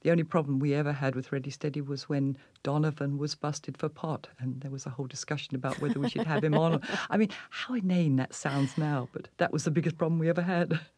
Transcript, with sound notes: The only problem we ever had with "Ready, Steady" was when Donovan was busted for pot. And there was a whole discussion about whether we should have him on.
(Laughter).
I mean, how inane that sounds now. But that was the biggest problem we ever had.